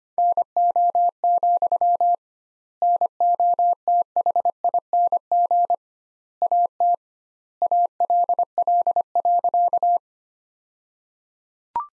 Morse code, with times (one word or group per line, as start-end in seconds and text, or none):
0.2-2.1 NO,
2.8-5.7 NOTHING
6.4-6.9 AT
7.6-10.0 ALL.